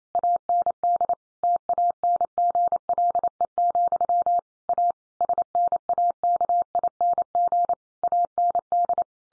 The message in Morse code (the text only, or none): AND TANGLE, A SNAKING AND